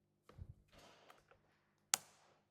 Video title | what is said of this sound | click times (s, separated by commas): How To Assemble a Boxed Bicycle | so when the torque is reached you'll notice it won't go any longer and it will click | 1.9 s